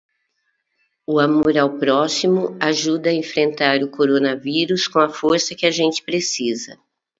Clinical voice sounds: spoken sentence; Brazilian Portuguese; female; 60 to 69 years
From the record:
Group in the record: control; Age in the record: 62 years

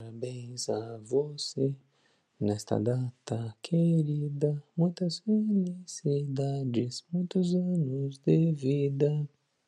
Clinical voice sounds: short text; Brazilian Portuguese; male; 30 to 39 years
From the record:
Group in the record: control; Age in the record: 38 years

